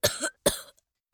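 Two short, harsh cough bursts a moment apart from a child who isn't feeling well, acted for a Vicks VapoRub cold-remedy advertisement.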